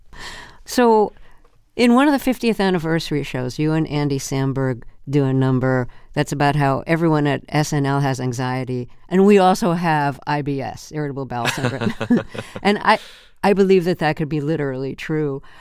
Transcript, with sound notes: So, in one of the 50th anniversary shows, you and Andy Samberg do a number that's about how everyone at "SNL" has anxiety and we also have IBS, irritable bowel syndrome.
(Laughter).
And I believe that that could be literally true.